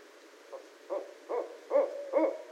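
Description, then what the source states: Barred owl hoots, five short low notes roughly every 0.4 seconds, growing louder toward the end, with soft background hiss. Recorded 18 January 2012.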